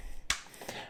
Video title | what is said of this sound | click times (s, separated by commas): Recover Tactical Glock Stabilizer Brace Pt 2 - Accuracy & More (2020) | the way that clicks into place there it's solid it's not moving | 0.3 s